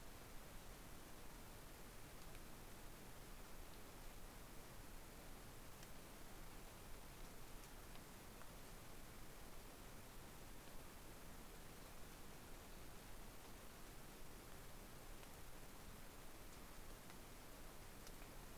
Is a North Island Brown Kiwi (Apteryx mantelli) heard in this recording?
no